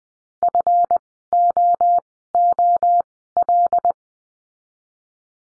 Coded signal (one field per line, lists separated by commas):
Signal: Morse code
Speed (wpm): 20 wpm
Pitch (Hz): 700 Hz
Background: none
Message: FOOL